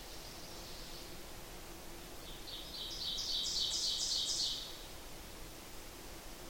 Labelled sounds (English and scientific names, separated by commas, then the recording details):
Ovenbird (Seiurus aurocapilla) song
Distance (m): 35 m
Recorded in boreal forest in Alberta, Canada, on 8 June 2016 at 07:46
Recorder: SongMeter 3, array SBT-3-9
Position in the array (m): 40 m, 99 m
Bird 33